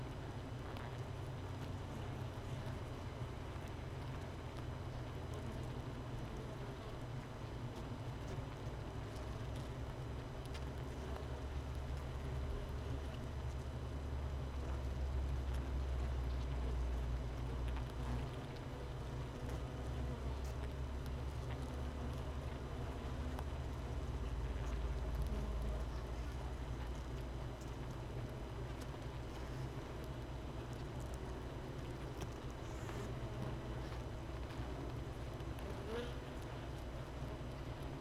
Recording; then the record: honeybee colony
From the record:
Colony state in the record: missing queen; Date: 31 May 2018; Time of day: 13:50